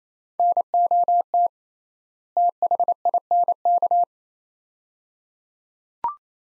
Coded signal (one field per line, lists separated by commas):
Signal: Morse code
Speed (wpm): 28 wpm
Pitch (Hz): 700 Hz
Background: none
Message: NOT THINK